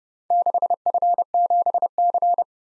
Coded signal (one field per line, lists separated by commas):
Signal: Morse code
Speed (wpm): 28 wpm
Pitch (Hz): 700 Hz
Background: none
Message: 6F7C